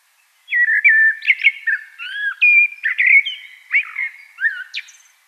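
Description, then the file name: Common blackbird song, a continuous run of fluty, warbled notes with sharp twittering flourishes across about five seconds, no other sounds. "Turdus merula"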